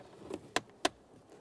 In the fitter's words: That should slide in until you hear an audible click from either side.